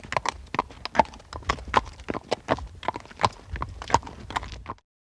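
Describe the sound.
Horse hooves clopping steadily at a walk, the rhythm stopping abruptly before the end.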